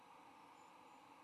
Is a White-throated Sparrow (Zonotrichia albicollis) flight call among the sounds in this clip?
no